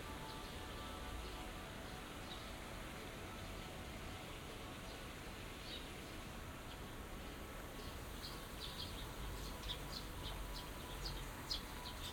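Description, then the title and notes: Birds twittering, sparse at first, then a quick run of high chirps in the last few seconds, above a steady low rumble. Binaural recording of small birds singing in a small garden in a corner of Yushima Tenjin shrine, Tokyo, Japan, surrounded by buildings, after rain. "小鳥のさえずり、雨上がりの庭園にて（Binaural）- Birds singing in the garden. 湯島天神の片隅にある小さな庭園で録音しました。"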